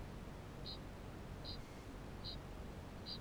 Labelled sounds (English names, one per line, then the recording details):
Kākāpō ching call
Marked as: faintness 3/5
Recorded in New Zealand
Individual Barnard